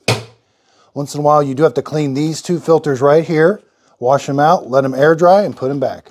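On a Shark NV352 Navigator Lift-Away upright vacuum, a button on the plastic dust chamber is pressed over the trash and the dust cup's bottom release door pops open at 0.1 s with a sharp thunk, letting the debris fall out. Someone then talks about washing the two filters.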